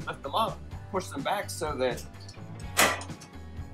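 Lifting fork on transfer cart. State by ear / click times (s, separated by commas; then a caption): seated / 2.8 s. Someone talks while the forks on a transfer cart are lifted and pushed back into position. A sharp click at 2.8 s marks the lifting fork seating and locking into place.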